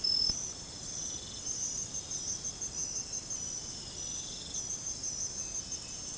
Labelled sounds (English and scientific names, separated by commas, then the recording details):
none
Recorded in secondary vegetation near Puerto Asís, Putumayo, Colombia, on 21 December 2024 at 02:30
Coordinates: 0.468, -76.324
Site G095